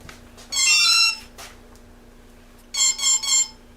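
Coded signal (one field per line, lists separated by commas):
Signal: beep code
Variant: quadcopter ESC startup tones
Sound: three stepped rising electronic chirps, one short chirp, then three more chirps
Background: low electrical hum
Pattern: 3 chirps, 1 chirp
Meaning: Motor controllers powered up and ready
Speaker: then let's uh connect our main power we hear three chirps and then one chirp chirp and we're good to go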